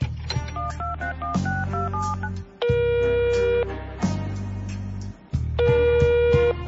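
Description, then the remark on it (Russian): A nonexistent telephone number is dialed in a quick run of touch-tone beeps, followed by long, steady electronic phone tones that cut in and out over a low buzzing hum. “Мы набрали несуществующий номер.”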